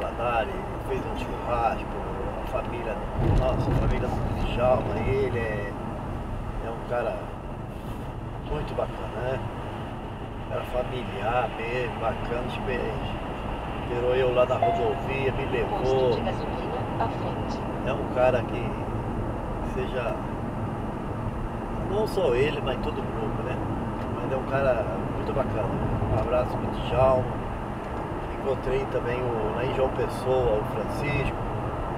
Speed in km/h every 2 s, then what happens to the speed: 95, 91, 84, 83, 82, 82, 84, 86, 88, 90, 93, 97, 101, 103, 105, 106.
0-4 slows to 84. 4-10 steady at about 82. 10-32 speeds up to 106.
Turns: none.